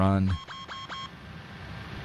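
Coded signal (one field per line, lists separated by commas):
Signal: none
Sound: cockpit warning beeps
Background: speech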